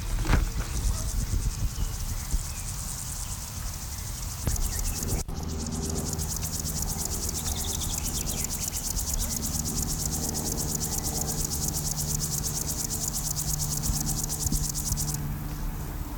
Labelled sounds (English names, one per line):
Upland Field Grasshopper stridulation